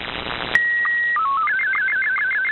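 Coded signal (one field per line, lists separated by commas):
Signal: SSTV (slow-scan television)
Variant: Scottie 1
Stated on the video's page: SSTV transmission from a pirate radio station on 4015 kHz USB.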